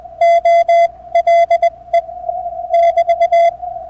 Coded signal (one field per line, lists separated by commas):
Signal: Morse code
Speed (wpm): 20 wpm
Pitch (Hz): 680 Hz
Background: none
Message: OLE <BT>